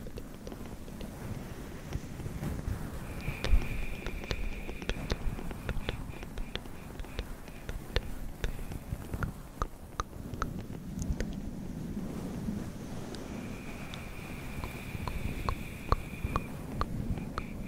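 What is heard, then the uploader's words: Fluffy mic scratching makes a dense, muffled low rumble throughout, with sharp crackling taps scattered across it and a faint steady tone twice. Fluffy Mic Scratching.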